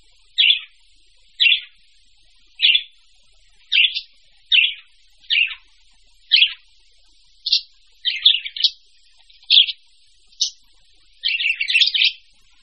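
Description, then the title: Bird giving short, bright chirps spaced roughly a second apart, ending with a quicker, busier cluster of notes. "manuk campur"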